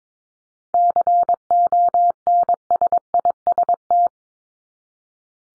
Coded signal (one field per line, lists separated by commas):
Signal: Morse code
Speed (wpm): 22 wpm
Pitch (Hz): 700 Hz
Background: none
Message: CONSIST